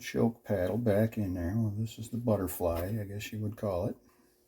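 While a carburetor is being reassembled, the metal choke butterfly plate is handled so that its single tab can be pushed into the carburetor's choke shaft. Someone talks throughout, with no distinct click or impact. Nothing has seated or clicked yet.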